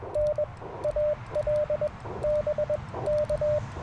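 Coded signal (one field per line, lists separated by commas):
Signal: Morse code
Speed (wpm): 20 wpm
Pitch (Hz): 590 Hz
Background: radio noise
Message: N AL BK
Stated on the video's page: QRP CW POTA park activation at dawn using an Icom IC-705, Alex Loop antenna and a Modern Morse Nameless key.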